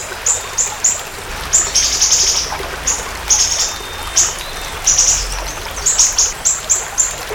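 Siri-siri bird song of quick high tweets broken by short buzzy trills, continuing unevenly throughout.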